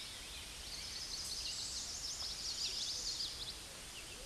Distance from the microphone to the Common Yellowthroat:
about 25 m